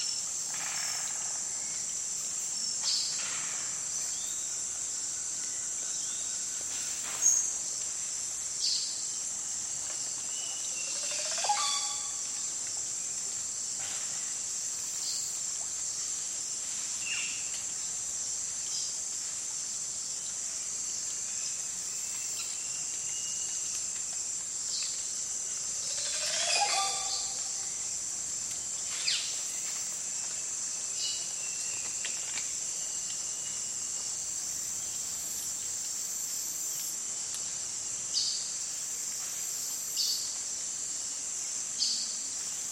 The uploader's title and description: Amazon Rainforest - Oropendola Rain. Deep in the Amazon rainforest, the beautiful calls of an Oropendola bounce from the treeline as an afternoon storm passes.